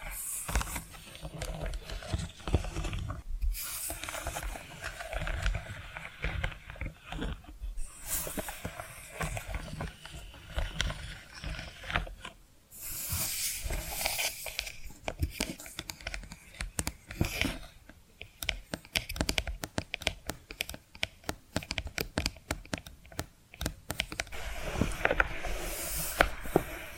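Tapping and scratching sounds run throughout, a dense stream of quick clicks and brushy scrapes. Busier stretches alternate with brief pauses near 3, 12 and 18 seconds, with sharp bright taps around 25 seconds. A soft low rumble stays underneath.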